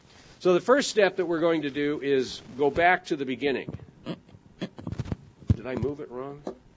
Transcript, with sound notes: So the first step that we are going to do is go back to the beginning. [microphone interference] Did I move it wrong?